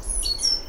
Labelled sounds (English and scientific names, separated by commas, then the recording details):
Stitchbird (Notiomystis cincta) song
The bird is a male
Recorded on Tiritiri Matangi Island, New Zealand, in 2005
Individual 10, of nest box 12